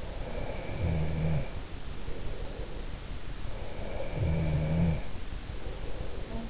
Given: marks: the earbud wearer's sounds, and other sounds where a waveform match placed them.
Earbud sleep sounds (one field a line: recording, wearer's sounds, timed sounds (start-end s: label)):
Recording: sounds in sleep by an in-ear microphone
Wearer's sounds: snoring breath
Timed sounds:
0.42-2.93 s: snoring breath
3.75-6.50 s: snoring breath